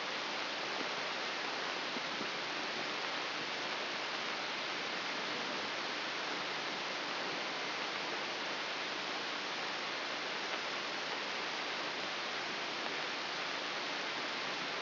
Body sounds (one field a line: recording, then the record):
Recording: brain microelectrode recording played as sound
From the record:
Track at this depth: inside the subthalamic nucleus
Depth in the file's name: 2.1 mm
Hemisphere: left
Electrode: 3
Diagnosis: Parkinson's disease